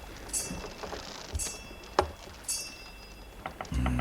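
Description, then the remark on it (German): The ship's bell aboard the König Jakob rings four bells at two o'clock in a few thin, high metallic strikes spaced about a second apart, each leaving a faint lingering tone, with a low rumbling thud at the end and no talking. “Als Peter die Planke endlich losgestemmt hatte, hörten wir den dünnen Klang der Schiffsglocke an Bord der König Jakob.”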